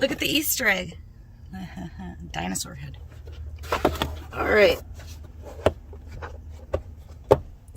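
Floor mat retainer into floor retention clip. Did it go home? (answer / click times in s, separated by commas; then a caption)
yes / 5.7 s, 7.3 s. Someone talks while an all-weather rubber Mopar floor mat is pressed down onto the retention clips in the floor of a Gladiator truck. Sharp snaps are heard at 5.7 s and 7.3 s as the mat retainer seats onto its clip, confirming it is locked in place.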